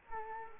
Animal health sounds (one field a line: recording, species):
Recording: mosquito wingbeat signal from an infrared sensor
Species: Culex quinquefasciatus